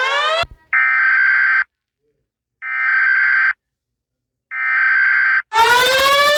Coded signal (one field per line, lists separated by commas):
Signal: Emergency Alert System (SAME) tones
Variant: header bursts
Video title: eas alarm com a letra A e B